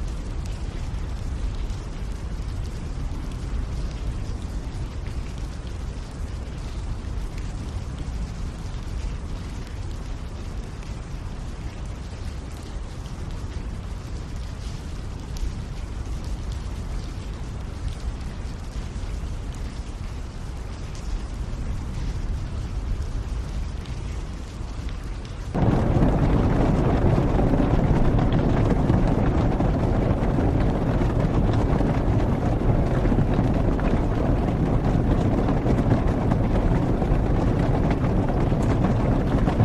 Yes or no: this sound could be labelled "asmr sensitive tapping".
no